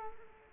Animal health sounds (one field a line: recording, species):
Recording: mosquito wingbeat signal from an infrared sensor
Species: Culex quinquefasciatus